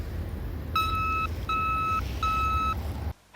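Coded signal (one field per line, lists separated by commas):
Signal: none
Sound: intro music beeps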